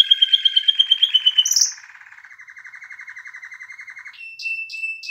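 Canary song: a loud pulsing trill, then a long low rolling trill and a steady high whistled note with quick chirps over it.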